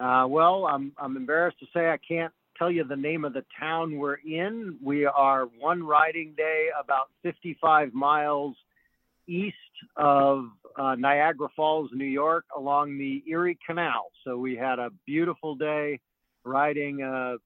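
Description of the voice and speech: A man speaks fluently over a narrow telephone line with clear, ordinary articulation and brief natural pauses.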